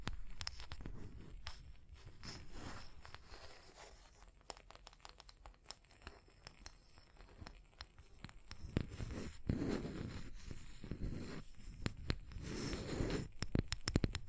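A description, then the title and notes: Tapping and scratching, with sharp clicks scattered throughout and rougher crinkly scraping textures between them. Activity is busier at the start and grows denser and louder from about nine seconds, with a low rumbling underneath during the later stretch. Tapping and Scratching (No Talking).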